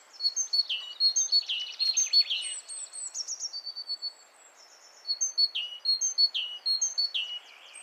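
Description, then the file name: Great tit calls: bursts of short, high chirps with quick downslurred notes, in two busy runs separated by a brief pause, over faint steady background hiss. "Parus major"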